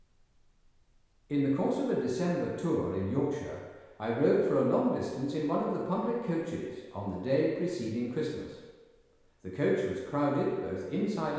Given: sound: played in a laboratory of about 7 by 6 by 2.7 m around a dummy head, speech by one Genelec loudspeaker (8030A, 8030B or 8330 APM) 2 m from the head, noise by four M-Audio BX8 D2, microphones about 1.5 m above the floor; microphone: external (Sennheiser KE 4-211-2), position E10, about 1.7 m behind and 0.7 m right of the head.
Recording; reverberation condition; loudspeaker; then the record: male speech in English; high; 120 degrees to the right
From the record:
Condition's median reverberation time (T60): about 1300 ms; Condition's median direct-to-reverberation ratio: about -4.0 dB